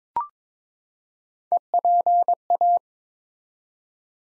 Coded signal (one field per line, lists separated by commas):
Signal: Morse code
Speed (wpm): 22 wpm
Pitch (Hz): 700 Hz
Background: none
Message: EPA